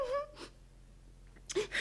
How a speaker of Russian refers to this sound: Я всегда плачу, когда доходит до этого места.